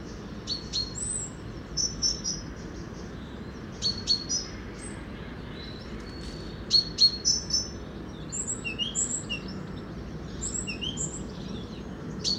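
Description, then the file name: Great tit calls: thin, high, clipped notes in brief groups spaced a second or two apart, with a few softer chirps later and a faint low rumble beneath. "Parus major"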